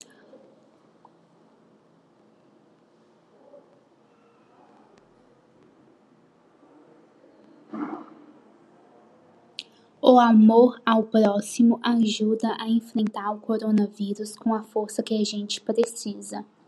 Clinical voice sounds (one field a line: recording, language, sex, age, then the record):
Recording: spoken sentence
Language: Brazilian Portuguese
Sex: female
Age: 20 to 29 years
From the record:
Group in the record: control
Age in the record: 29 years